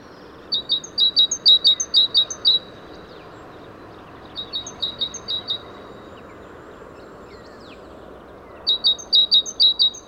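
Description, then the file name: Great tit song in three runs of quick repeated two-note motifs, the middle run softer, with gaps between bouts and steady low-pitched background noise throughout. "Parus major"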